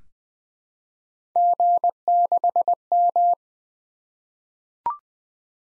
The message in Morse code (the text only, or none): G6M